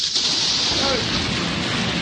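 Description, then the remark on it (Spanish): A thunder sound effect: a loud, steady wall of crackling, rumbling noise with a heavy rain-like hiss on top, sustained for about two seconds without letting up. “Trueno.”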